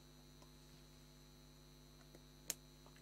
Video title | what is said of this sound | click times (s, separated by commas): Stiff focus ring and loose lens assembly and other details IN Summicron-C 1:2 / 40 | and then go go on around it click | 2.5 s